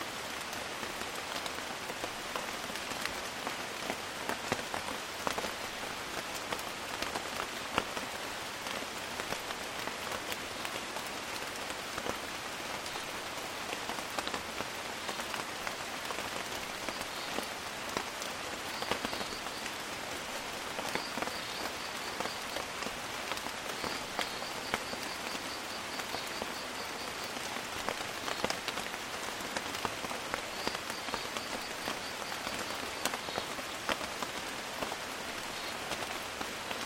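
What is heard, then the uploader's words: Calm rain falls steadily in the Amazon, a dense, even patter of drops on leaves and surfaces with little change over the whole stretch. The sound sits mostly in the bright middle and upper range, and a faint high insect-like whine comes and goes after about fifteen seconds. Calm Rain in the Amazon.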